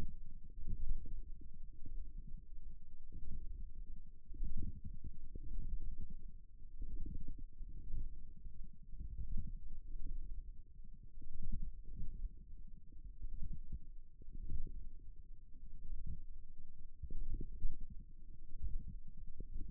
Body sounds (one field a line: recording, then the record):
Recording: forearm muscle sounds (acoustic myography)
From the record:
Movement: wrist flexion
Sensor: system 1, eight BSWA MPA416 microphones around the upper forearm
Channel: 8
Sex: female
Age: 21 years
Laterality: right